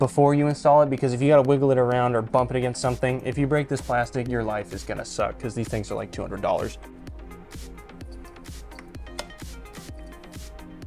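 A mass airflow sensor for a Stillen Gen 2 Dual Cold Air Intake on a 2015 Infiniti Q50 is pushed by hand into its port in the intake's metal housing. Someone talks over background music for about the first seven seconds, then a series of faint taps and knocks follows, with the loudest knock at 9.2 s. That knock is not a clean latch; the sensor is not seated all the way and may need more force.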